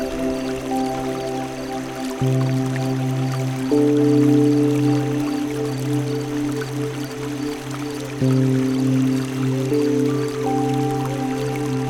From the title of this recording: A Peaceful Night By The River With Relaxing Music & Nature Sounds